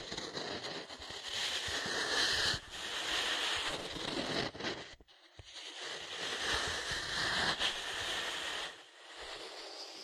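Ear cleaning massage with dense rubbing and scratching, bright crackly rustles swelling and fading, a brief near-silent pause around five seconds.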